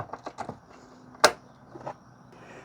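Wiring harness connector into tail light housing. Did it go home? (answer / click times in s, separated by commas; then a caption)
yes / 1.2 s. A wiring harness electrical connector is pushed into the rear brake tail light bulb housing on a 2007–2012 Hyundai Santa Fe. A few light handling taps lead up to a single sharp plastic click at 1.2 s, and the connector is seated.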